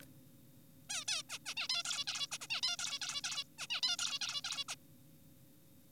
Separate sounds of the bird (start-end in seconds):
0.90-1.05, 1.08-1.23, 1.30-1.38, 1.46-1.54, 1.57-1.68, 1.70-1.83, 1.85-2.05, 2.08-2.27, 2.32-2.38, 2.41-2.47, 2.50-2.61, 2.63-2.76, 2.79-2.99, 3.02-3.21, 3.24-3.44, 3.58-3.67, 3.70-3.81, 3.83-3.97, 3.99-4.19, 4.21-4.41, 4.44-4.64, 4.68-4.75